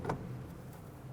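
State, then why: Not seated. The two halves of a 2008–2010 Ford F-250's exhaust gas temperature sensor electrical connector, slid into each other by the back of the engine, are handled as they are pressed together. Brief handling knocks at about 0.1 s give way to a steady low background hum. Nothing has seated or clicked yet.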